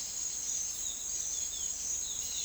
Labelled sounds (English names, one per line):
Cobalt-winged Parakeet
Chestnut-bellied Seed Finch